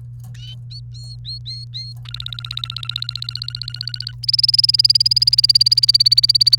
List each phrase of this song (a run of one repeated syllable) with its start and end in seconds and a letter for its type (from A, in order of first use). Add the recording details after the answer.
0.71-1.93 A, 2.05-4.12 B, 4.23-6.58 C. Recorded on 29 April 2018 at 06:33. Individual llb3